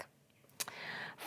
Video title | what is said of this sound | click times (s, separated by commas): How to clean and check a hearing aid in the clinic | and push it on until you hear a little click | 0.6 s